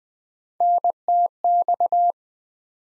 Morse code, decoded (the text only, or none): NTX